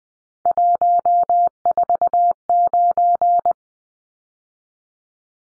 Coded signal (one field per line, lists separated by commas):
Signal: Morse code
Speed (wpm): 20 wpm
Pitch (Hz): 700 Hz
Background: none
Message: 149